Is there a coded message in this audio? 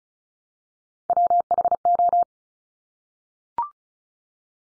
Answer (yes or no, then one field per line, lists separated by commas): yes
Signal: Morse code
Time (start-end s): 1.1-2.2 s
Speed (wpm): 34 wpm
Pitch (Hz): 700 Hz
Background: none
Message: WHO